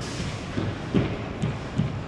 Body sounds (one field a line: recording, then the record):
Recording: background sound without coughing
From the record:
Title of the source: 30 MINUTES Construction Site Ambience (CC BY 4.0)